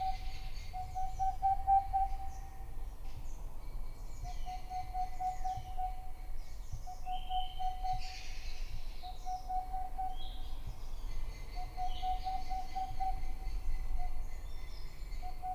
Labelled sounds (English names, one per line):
Boreal Owl